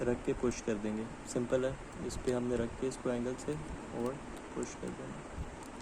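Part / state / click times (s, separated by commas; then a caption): wire connector into game controller circuit board / not seated / none. The black wire's connector is placed back in its spot on an Xbox controller circuit board and angled to be pushed in while someone talks throughout. Nothing has seated or clicked yet.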